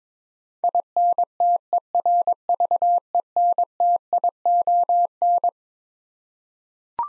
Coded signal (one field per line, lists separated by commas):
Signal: Morse code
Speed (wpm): 22 wpm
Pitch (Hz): 700 Hz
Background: none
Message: INTERVENTION